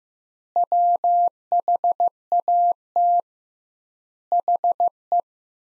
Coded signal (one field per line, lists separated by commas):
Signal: Morse code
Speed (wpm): 15 wpm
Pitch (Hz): 700 Hz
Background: none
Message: WHAT HE